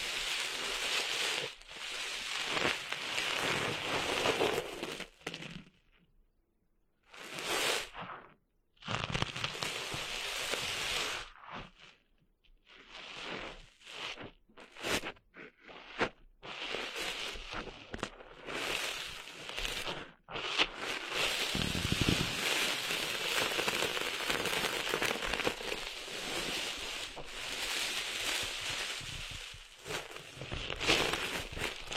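Sand rustles and hisses in bright, dense bursts that start and stop irregularly, with near-silent gaps around six to nine and eleven to thirteen seconds. After about twenty seconds the rustling turns steadier and fuller, a crackly grainy sound like sand being rubbed or poured.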